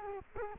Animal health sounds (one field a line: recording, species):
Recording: mosquito wingbeat signal from an infrared sensor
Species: Culex quinquefasciatus